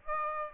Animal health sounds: mosquito wingbeat signal from an infrared sensor; Aedes aegypti

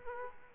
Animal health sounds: mosquito wingbeat signal from an infrared sensor; Aedes aegypti

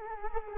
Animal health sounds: mosquito wingbeat signal from an infrared sensor; Culex quinquefasciatus

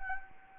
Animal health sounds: mosquito wingbeat signal from an infrared sensor; Anopheles arabiensis

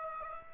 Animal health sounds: mosquito wingbeat signal from an infrared sensor; Aedes aegypti

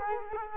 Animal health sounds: mosquito wingbeat signal from an infrared sensor; Culex quinquefasciatus

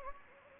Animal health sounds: mosquito wingbeat signal from an infrared sensor; Anopheles gambiae

